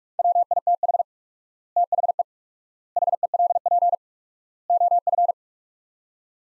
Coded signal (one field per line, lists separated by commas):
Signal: Morse code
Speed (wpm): 43 wpm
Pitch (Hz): 700 Hz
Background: none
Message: WITH THE HELP OF